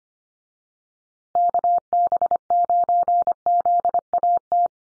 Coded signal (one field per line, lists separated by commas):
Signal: Morse code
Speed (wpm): 25 wpm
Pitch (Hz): 700 Hz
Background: none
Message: KB9ZAT